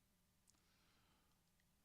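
A plastic building brick is handled over the studs of a Lego Speed Champions Time Machine brick model, with one brief, sharp tick near 0.5 s over a quiet, steady background. Nothing has seated or clicked yet; the part is not yet home.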